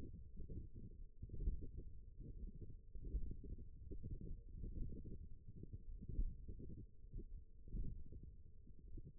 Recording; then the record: forearm muscle sounds (acoustic myography)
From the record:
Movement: hook grip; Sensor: system 1, eight BSWA MPA416 microphones around the upper forearm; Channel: 7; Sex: female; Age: 20 years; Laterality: right